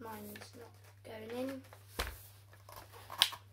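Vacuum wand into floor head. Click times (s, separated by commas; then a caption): 3.2 s. Someone talks while pushing the plastic wand of a Dyson DC44 cordless vacuum cleaner into its floor head, and a first push near 2.0 s produces a dull knock without locking. A second push seats the wand in the floor head with a sharp click at 3.2 s.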